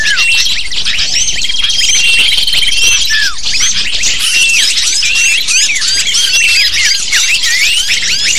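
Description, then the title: Lovebird: continuous shrill squeaking and chirping of lovebirds in a group, fast overlapping notes with a few downslurred calls. Used to lure lovebirds. "PIKAT BURUNG LOVEBIRD"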